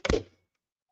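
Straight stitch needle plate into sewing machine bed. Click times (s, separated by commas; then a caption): 0.1 s. A straight-stitch needle plate for a Juki Kokochi DX4000 QVP sewing machine is slid in under its two small lips and pressed down onto the machine bed. It snaps into place with a sharp click at 0.1 s and another at 0.1 s, followed by a short low thunk that fades out by about 0.4 s. The plate is seated, and the machine detects the straight-stitch plate.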